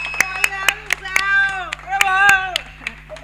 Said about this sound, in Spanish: Querida compañera, aquí nosotros queremos, como equipo y como parte de integrante de este programa comunitario, queremos felicitarte de corazón por tu trabajo realizado en el día de hoy. Un aplauso para vos.